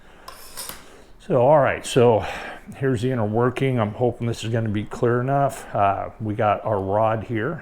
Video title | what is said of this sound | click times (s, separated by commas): The RTI MoraTrigger Explained! | cuff in the same way I'll kind of put my thumb over it and I'll slide this down and this kind of pops into place | 0.7 s